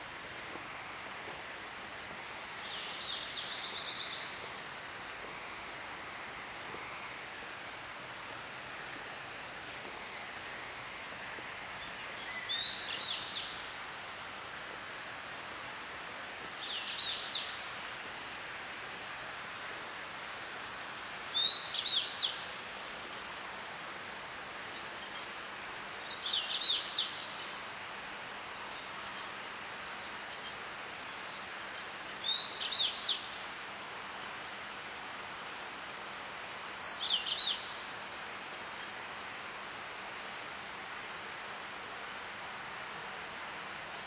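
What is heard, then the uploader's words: Falling water makes a steady, even hiss throughout, with a faint low hum underneath. Short, bright bird calls break through in brief clusters every four to five seconds, around 3, 13, 17, 22, 27, 33 and 37 seconds, standing clear above the water. Birds And Waterfalls In The Botanic Garden at Barbican Centre by roelven.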